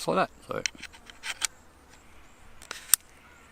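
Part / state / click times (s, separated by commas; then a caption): clip-on night vision camera onto rifle scope mount / seated / 2.9 s. Someone talks as a Oneleaf NV100 Commander clip-on digital night vision camera is pushed back onto its rifle scope mount, with a few light handling taps before a sharp, loud click at 2.9 s. The mount locks up definitely onto the scope with very little play.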